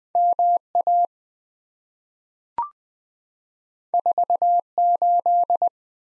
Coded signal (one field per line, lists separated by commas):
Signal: Morse code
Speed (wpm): 20 wpm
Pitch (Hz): 700 Hz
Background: none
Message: MA 48